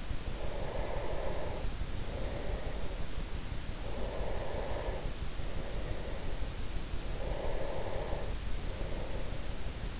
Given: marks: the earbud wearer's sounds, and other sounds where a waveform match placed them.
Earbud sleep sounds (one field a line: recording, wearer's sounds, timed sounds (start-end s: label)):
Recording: sounds in sleep by an in-ear microphone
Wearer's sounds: breath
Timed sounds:
0.00-6.73 s: breath
7.04-9.53 s: breath